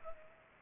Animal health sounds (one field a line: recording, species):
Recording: mosquito wingbeat signal from an infrared sensor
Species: Culex pipiens